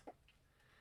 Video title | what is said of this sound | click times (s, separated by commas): 🎁 Unwrap the Fun: 2023-2024 Stampin' Up!® Catalog/Catalogue Unboxing & Card Samples 🎨 | you can feel it just sort of Click into place | 0.3 s